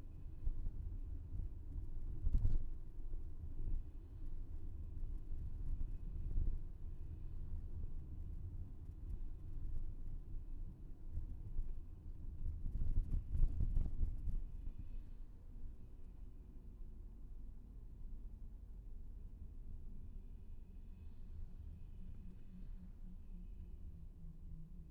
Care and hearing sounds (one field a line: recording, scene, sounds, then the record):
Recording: everyday scene through a hearing-aid microphone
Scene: in a vehicle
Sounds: engine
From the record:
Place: VW T5 Caravelle, diesel engine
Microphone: behind the ear, left, rear